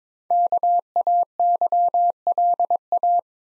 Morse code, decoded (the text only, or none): KAYLA